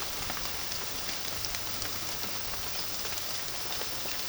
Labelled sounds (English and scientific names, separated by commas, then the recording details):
none
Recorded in pastures near Puerto Asís, Putumayo, Colombia, on 30 June 2025 at 15:30
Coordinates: 0.466, -76.322
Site GP07